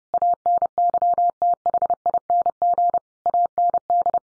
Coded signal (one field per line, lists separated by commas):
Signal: Morse code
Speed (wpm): 28 wpm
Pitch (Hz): 700 Hz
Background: none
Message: ANYTHING AND